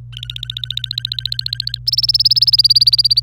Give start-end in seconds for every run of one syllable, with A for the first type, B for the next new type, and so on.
0.12-1.78 A, 1.87-3.20 B